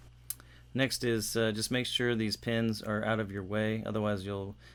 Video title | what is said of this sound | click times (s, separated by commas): *Dealer Wants to Charge $1,000* BMW E70 X5 Front Brake Replacement Complete | a tight fit once you get it in position it just snaps into place next | 0.3 s